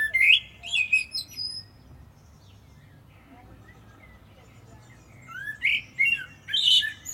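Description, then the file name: Common blackbird with high, squeaky twittering notes at the start, a quiet gap, then more strained high phrases near the end. "Turdus merula"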